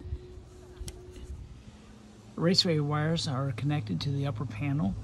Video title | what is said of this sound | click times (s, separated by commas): Version 2, Sliding Solar Panels | these things in and then they snap in place Raceway | 0.9 s